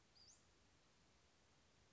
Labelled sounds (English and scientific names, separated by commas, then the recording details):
Western Flycatcher (Empidonax difficilis)
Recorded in Sonoma County, California